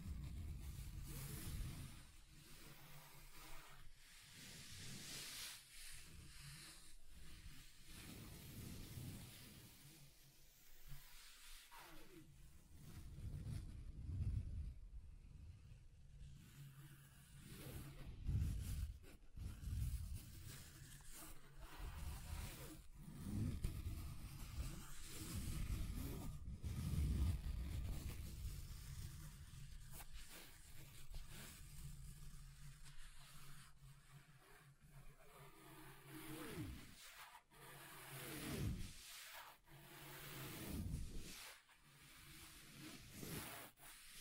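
Scratching and rubbing on a table, shifting between surfaces. The sound is mostly a low, rough rumble with irregular bursts of brighter scraping, densest around 12 to 25 seconds, then thinning into scattered sharper strokes near the end.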